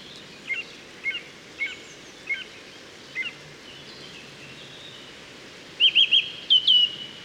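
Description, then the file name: Song thrush song: a short clipped note repeated five times, then a brighter phrase given twice, over a constant background hiss. Recorded 30 June 2013 at Moos, Deggendorf. "Singdrossel 30 06 2013 Moos DEG Michle Peron"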